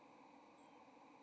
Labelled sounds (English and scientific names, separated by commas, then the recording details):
White-throated Sparrow (Zonotrichia albicollis) flight call
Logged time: 08:17 on 30 October 2014